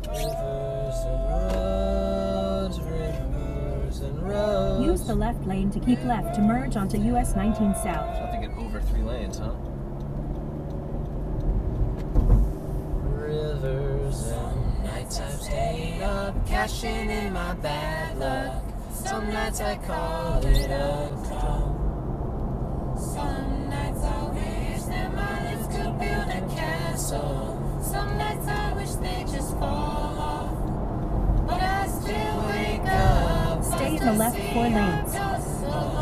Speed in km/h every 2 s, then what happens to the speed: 31, 37, 47, 55, 61, 68, 74, 77, 77, 68, 66, 69, 72, 77, 82, 87, 92, 95.
0-15 speeds up to 77. 15-20 slows to 66. 20-36 speeds up to 95.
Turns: none.